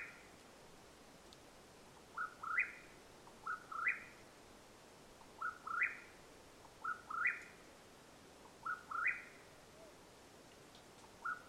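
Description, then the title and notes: Mexican whip-poor-will singing sharp, rising burry phrases, several in a row. Calling at nightfall in Madera Canyon, Arizona, USA, recorded 21 April 2022. "The call of the Mexican Whip-poor-will at nightfall in Madera Canyon, AZ. Recorded April, 21 2022."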